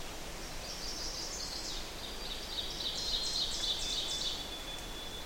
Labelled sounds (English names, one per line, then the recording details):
Ovenbird song
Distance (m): 45 m
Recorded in boreal forest in Alberta, Canada, on 8 June 2016 at 06:27
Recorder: SongMeter 3, array SBT-3-9
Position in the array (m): 50 m, 107 m
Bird 33